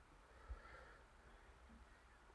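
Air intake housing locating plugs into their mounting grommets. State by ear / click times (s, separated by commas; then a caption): not seated / none. The carbon fiber cold air intake housing for a Hyundai Sonata N Line is handled in the engine bay as its two locating plugs are lined up to be pressed down into their mounting grommets. A low steady rumble carries a single soft bump near 0.5 s. Nothing has seated or clicked yet.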